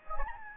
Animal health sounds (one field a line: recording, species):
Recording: mosquito wingbeat signal from an infrared sensor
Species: Anopheles gambiae